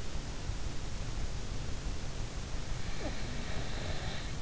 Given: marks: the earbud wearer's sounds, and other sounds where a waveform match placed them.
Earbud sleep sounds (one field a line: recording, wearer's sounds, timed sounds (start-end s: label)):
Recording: sounds in sleep by an in-ear microphone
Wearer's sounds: snoring breath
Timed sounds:
3.04-4.40 s: snoring breath